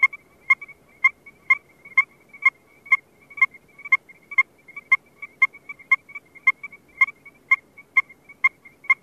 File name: Pseudacris streckeri - Steckers Chorus Frog